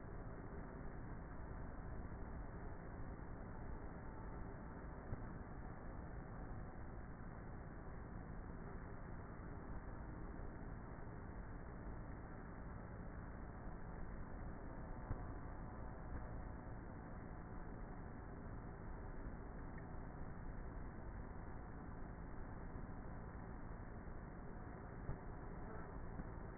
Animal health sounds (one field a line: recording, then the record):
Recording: honeybee colony, microphone inside the hive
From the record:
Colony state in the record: queenless with a low population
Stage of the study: before two queens were removed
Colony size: about 30,000 bees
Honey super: no